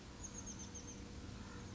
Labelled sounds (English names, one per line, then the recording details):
Oak Titmouse
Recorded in Sonoma County, California